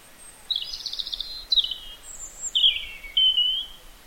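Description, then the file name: European robin song: a sequence of high, liquid warbled phrases and thin sliding whistles, each phrase distinct, in quiet surroundings. "Erithacus rubecula"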